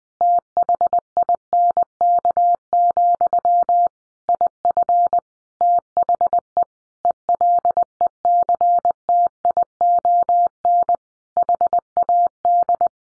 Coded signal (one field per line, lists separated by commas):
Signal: Morse code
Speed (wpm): 20 wpm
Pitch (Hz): 700 Hz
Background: none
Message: THINK, IF THE ELECTION HAD